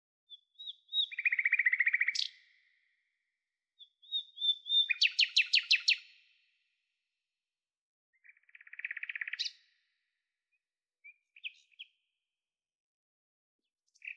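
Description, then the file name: Common nightingale song in separate phrases: whistled opening notes leading into fast buzzy trills, with pauses between bursts and a few soft single notes. "Luscinia megarhynchos"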